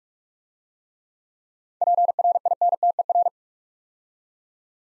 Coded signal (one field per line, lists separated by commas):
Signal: Morse code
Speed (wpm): 43 wpm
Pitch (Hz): 700 Hz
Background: none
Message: PRINTER